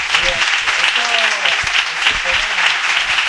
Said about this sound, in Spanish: Digo que las voces de... Estos aplausos de fondo... ¡Eso es bueno! Me suenan a saber y ganar, ¿sabes?